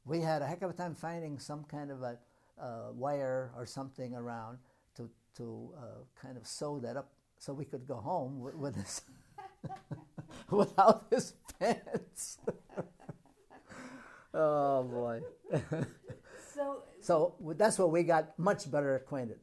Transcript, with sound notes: We had a heck of a time finding some of a — a wire or something around to — to kind of sew that up so he could go home with this — without his pants. [Laughs] Oh, boy.
[Laughs] So —
So that's where we got much better acquainted.